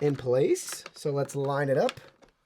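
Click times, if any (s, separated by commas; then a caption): none. After rinsing, the washable filter of a Dirt Devil Endura Reach upright vacuum is lined up with its plastic housing on the vacuum body while someone talks. The filter is only being handled, and nothing has seated or clicked into place yet.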